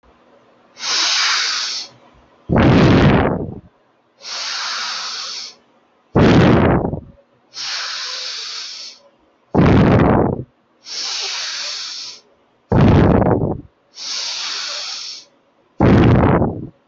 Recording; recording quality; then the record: deep breathing; excellent, no background noise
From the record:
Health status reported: healthy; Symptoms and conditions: none ticked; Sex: male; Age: 28 years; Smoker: not ticked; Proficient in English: yes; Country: India